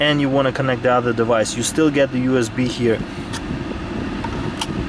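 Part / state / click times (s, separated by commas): center console storage cover closing over the charging tray / seated / 4.2 s, 4.6 s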